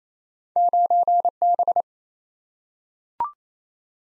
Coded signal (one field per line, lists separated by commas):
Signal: Morse code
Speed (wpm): 28 wpm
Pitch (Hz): 700 Hz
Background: none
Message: 9B